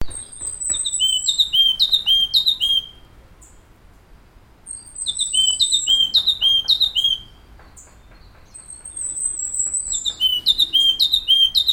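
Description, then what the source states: Yellow-cheeked tit repeating a call phrase three times: a high thin falling whistle, then a run of sharp descending notes with buzzy ends, with brief quiet gaps between. Subspecies rex of yellow-cheeked tit.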